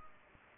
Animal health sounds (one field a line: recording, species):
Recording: mosquito wingbeat signal from an infrared sensor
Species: Culex pipiens